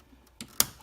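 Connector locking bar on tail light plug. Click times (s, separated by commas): 0.6 s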